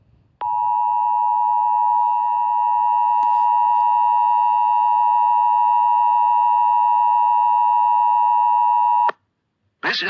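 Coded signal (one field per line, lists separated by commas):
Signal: Emergency Alert System (SAME) tones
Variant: 853 and 960 Hz attention tone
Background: speech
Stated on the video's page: Real EAS alerts: North Dakota high wind warning, Kansas monthly test, DC and Virginia Amber Alerts, Minnesota 911 outage, and NOAA Weather Radio weekly test.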